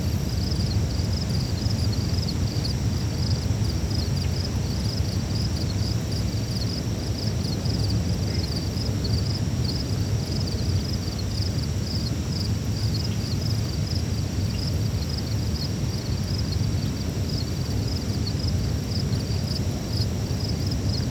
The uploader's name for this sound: Chirping Birds at the Lake